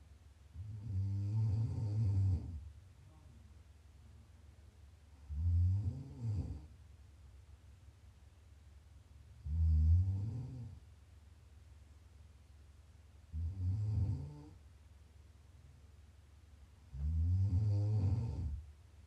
ASMR Snoring. Please enjoy some prime ASMR snoring.